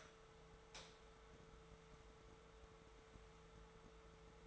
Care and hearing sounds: daily activity, microphone in the room; light on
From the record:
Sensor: 3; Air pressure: 1014.6 hPa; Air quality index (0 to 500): 180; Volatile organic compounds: 18 ppm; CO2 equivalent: 2630 ppm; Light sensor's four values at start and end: 27/68/29/30 and 40/101/43/46

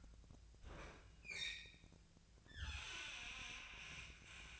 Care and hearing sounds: daily activity, microphone in the room; open fridge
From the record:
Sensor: 2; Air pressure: 1009.5 hPa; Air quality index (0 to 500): 187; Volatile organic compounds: 12 ppm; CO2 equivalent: 2326 ppm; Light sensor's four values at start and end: 24/59/25/28 and 25/60/26/28

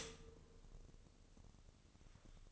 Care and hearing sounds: daily activity, microphone in the room; stop toaster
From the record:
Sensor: 4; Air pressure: 1008.1 hPa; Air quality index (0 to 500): 107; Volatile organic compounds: 1 ppm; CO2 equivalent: 791 ppm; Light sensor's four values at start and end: 9/19/8/8 and 9/20/8/8

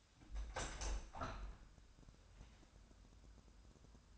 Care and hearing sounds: daily activity, microphone in the room; open window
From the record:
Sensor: 2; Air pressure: 1006.3 hPa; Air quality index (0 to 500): 189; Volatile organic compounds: 11 ppm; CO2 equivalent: 2300 ppm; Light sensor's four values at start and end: 8/20/8/8 and 8/20/8/9

